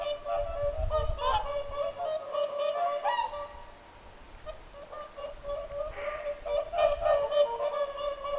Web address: paivat 6 11 2025 laulujoutsenten aantelya lintulahdella